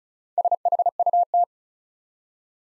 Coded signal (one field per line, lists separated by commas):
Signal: Morse code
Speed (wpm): 35 wpm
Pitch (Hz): 700 Hz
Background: none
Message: SHUT